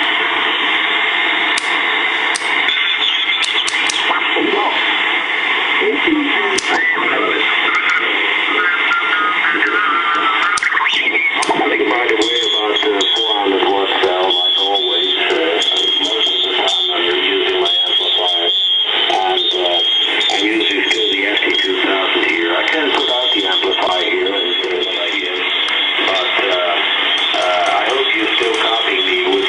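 A shortwave tuner being swept across the band, with dense hiss and warbling, garbled voice fragments sliding in and out as stations pass. Loudness holds steady throughout, while short clicks and whistling tones break through every few seconds.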